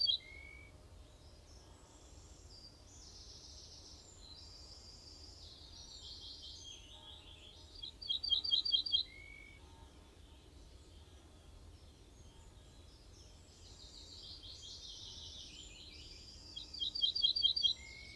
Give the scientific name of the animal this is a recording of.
Emberiza hortulana